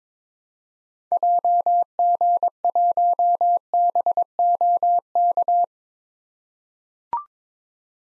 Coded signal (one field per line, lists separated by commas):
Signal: Morse code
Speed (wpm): 22 wpm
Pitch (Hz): 700 Hz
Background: none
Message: JG1BOK